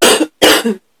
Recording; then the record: coughing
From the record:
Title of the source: 60 coughing still (deep and wet cough)